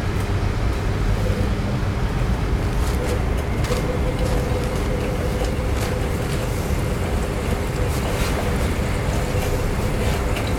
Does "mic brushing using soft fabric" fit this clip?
no